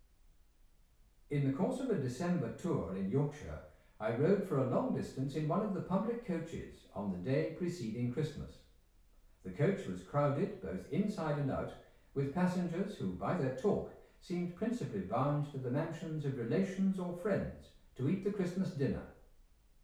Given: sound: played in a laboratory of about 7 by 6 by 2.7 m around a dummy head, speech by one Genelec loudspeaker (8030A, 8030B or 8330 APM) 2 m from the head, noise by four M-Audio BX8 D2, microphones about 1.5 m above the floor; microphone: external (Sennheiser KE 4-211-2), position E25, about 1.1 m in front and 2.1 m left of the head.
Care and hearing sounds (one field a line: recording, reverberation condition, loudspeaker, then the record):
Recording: male speech in English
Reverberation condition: medium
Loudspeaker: 120 degrees to the left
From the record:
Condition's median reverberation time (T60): about 510 ms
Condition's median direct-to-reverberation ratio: about -0.5 dB